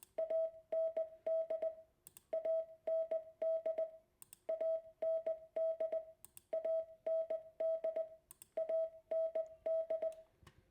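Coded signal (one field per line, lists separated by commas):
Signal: Morse code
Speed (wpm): 18 wpm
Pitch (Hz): 650 Hz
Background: none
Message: AND AND AND AND AND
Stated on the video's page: Morse lesson for the word AND, letters A, N, D.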